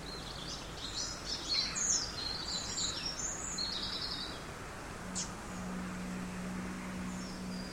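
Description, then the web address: Bird song: a busy run of high, quick chirps and twitters over steady background noise, fading after a few seconds as a low, steady hum comes in. Birds singing in an empty street of a big city. "canto de pajaros en una calle vacia de una gran ciudad"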